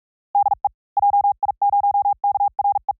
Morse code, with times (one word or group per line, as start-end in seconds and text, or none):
0.3-0.7 DE
1.0-2.9 JI0KRE